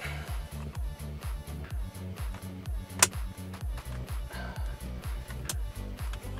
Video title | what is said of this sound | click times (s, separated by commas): 2022 Ford Maverick - Dash Center Console Removal & Routing 12v Power Supply to the Cubby | right, everything's snapped into place there. | 3.0 s